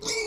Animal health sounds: pig call; weaner (32 to 43 days)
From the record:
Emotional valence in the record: negative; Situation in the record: short isolation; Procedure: open field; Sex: female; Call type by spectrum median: high-frequency call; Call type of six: high-frequency stable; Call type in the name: high-frequency stable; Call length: 0.27 s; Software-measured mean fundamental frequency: 420 Hz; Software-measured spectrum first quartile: 1082 Hz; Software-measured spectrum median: 2875 Hz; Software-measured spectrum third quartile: 5603 Hz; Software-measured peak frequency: 436 Hz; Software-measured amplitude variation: 104 dB a second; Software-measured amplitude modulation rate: 18.4 a second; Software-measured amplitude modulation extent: 5.7 dB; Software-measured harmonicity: 5.5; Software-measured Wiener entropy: -2.54

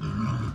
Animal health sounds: pig call; growing-finishing pig (85 days or more)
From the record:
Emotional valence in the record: positive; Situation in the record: run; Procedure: transit

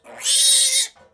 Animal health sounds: pig call; piglet (1 to 25 days)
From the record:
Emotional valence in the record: negative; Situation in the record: restrain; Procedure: back test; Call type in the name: high-frequency call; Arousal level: maximum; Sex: female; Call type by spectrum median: high-frequency call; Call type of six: mixed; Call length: 1.14 s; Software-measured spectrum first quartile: 4417 Hz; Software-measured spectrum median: 7334 Hz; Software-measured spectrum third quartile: 9464 Hz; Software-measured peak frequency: 3800 Hz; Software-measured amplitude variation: 143 dB a second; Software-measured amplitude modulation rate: 15.4 a second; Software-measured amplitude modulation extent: 9.3 dB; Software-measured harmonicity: 3.3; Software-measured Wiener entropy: -2.37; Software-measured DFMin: 1054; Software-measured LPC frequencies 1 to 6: 717, 2036, 3135, 3755, 4358, 5358 Hz

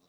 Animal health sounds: pig call; piglet (1 to 25 days)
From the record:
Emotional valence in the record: positive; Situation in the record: short reunion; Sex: female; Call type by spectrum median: low-frequency call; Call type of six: low-frequency tonal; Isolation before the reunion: 3 minutes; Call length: 0.09 s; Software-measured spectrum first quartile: 413 Hz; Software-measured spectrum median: 1779 Hz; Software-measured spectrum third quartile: 6088 Hz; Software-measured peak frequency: 177 Hz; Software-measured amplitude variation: 62 dB a second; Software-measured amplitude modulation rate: 5.5 a second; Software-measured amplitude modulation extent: 11.3 dB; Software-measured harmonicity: 1.7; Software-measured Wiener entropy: -1.75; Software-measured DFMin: 776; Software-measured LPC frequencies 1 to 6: 446, 1057, 2450, 3872, 5564, 7715 Hz

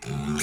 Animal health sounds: pig call; weaner (32 to 43 days)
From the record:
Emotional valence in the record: negative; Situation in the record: long isolation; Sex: female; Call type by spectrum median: low-frequency call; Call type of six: mixed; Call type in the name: high-frequency modulated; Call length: 0.43 s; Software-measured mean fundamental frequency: 138 Hz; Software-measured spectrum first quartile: 225 Hz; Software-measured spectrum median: 1281 Hz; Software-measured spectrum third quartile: 5149 Hz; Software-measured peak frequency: 149 Hz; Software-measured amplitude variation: 104 dB a second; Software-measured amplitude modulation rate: 26.6 a second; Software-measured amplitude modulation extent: 3.9 dB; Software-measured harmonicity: 2.5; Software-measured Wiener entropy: -3.19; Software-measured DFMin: 680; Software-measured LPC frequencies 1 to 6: 1448, 2302, 3118, 3735, 4643, 5662 Hz

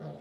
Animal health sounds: pig call; piglet (1 to 25 days)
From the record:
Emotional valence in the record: negative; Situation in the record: short isolation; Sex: male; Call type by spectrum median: low-frequency call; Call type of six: low-frequency stable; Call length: 0.21 s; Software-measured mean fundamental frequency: 74 Hz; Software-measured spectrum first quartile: 165 Hz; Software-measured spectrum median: 325 Hz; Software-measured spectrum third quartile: 604 Hz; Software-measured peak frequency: 154 Hz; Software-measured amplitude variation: 85 dB a second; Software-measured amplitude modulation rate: 14.1 a second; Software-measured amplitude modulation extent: 6.1 dB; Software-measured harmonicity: 0.4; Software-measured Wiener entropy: -0.07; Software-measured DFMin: 974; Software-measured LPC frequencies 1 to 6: 582, 3344, 4652, 7638, 8365, 9440 Hz

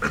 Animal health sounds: pig call; piglet (1 to 25 days)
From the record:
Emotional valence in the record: positive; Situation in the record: after nursing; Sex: female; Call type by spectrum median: low-frequency call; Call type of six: low-frequency stable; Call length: 0.10 s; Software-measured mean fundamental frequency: 72 Hz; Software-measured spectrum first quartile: 302 Hz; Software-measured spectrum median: 1107 Hz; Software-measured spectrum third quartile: 1573 Hz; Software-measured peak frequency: 1408 Hz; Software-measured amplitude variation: 91 dB a second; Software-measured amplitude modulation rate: 4.8 a second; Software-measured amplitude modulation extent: 18.9 dB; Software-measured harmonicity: 2.2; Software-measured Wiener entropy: -1.22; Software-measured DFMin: 1130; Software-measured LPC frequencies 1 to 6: 1384, 2449, 4181, 5451, 6150, 6950 Hz

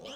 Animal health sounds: pig call; piglet (1 to 25 days)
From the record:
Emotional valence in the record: negative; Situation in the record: short isolation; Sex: female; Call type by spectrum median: low-frequency call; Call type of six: mixed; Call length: 0.15 s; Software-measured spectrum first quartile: 523 Hz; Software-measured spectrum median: 1487 Hz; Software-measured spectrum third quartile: 3363 Hz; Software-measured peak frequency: 541 Hz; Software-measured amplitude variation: 64 dB a second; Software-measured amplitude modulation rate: 19.7 a second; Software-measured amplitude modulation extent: 3.2 dB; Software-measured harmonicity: 2.6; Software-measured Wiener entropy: -2.28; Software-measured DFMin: 1210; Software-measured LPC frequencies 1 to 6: 552, 1287, 3109, 5222, 6202, 7357 Hz

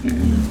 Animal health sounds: pig call; growing-finishing pig (85 days or more)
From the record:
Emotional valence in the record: positive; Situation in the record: enriched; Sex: female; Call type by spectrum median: low-frequency call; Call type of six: low-frequency stable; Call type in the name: low-frequency stable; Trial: 2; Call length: 0.51 s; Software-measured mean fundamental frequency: 40 Hz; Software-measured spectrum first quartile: 91 Hz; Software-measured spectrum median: 195 Hz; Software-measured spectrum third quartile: 328 Hz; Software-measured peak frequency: 236 Hz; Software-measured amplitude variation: 167 dB a second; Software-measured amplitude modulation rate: 27.6 a second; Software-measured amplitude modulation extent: 6.1 dB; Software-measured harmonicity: 0.3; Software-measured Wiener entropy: -1.25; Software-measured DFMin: 914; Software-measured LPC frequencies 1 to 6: 243, 1679, 3137, 3976, 4805, 6253 Hz

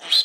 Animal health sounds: pig call; piglet (1 to 25 days)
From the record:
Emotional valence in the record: negative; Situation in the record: restrain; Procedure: in the arms of a person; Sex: female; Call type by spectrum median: high-frequency call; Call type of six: low-frequency tonal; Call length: 0.25 s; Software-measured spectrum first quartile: 3430 Hz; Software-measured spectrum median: 3872 Hz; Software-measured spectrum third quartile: 4168 Hz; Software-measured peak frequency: 4090 Hz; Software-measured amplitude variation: 182 dB a second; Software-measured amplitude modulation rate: 14.1 a second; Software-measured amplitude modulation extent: 12.9 dB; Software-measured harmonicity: 9.4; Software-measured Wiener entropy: -2.49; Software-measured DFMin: 522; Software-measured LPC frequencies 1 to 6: 823, 1681, 2442, 3246, 3677, 4084 Hz

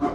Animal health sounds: pig call; growing-finishing pig (85 days or more)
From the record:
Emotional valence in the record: positive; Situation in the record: run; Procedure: transit

